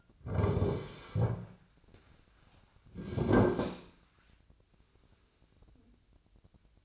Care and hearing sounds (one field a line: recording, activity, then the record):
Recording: daily activity, microphone in the room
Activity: sit down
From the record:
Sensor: 2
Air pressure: 1009.1 hPa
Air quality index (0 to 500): 177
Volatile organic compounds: 2 ppm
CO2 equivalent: 1290 ppm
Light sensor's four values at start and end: 36/95/40/44 and 32/85/37/39